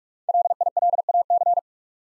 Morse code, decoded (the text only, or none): LILAC